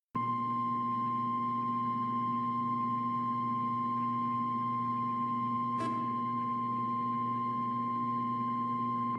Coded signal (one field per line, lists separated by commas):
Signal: Emergency Alert System (SAME) tones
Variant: 1050 Hz attention tone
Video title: EAS SPECIAL MARINE WARNING IN Tallahassee FL